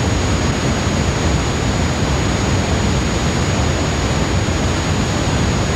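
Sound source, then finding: Synthesized sound (simulator). Tinnitus simulation.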